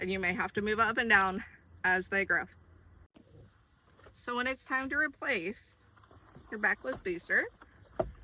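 Someone talks while a plastic part of a Joie Saffron SI backless booster car seat is handled, ready to slide down into position in the booster's base. Faint handling sounds and a couple of short sharp knocks sit among the talk. Nothing has seated or clicked yet.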